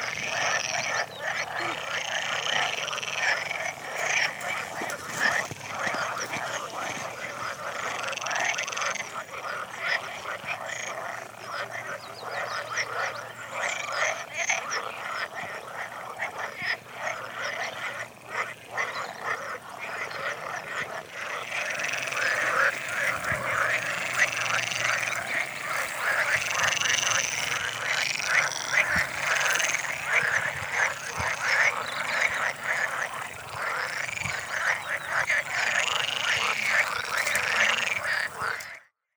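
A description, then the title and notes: A dense chorus of frogs croaks continuously in bright, rapid rattling calls, growing louder and fuller after about twenty seconds, with a faint low hum beneath. Sound of frogs - in the Campina near Boxtel, the Netherlands Recorded with a Samsung S4 cellphone and the Pfitzinger Field Recorder app.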